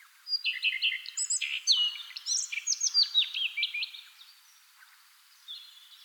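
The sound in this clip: Redstart phrase: high repeated chirps giving way to a long jumble of squeaky, downslurred twittering notes, with a quiet trailing call near the end.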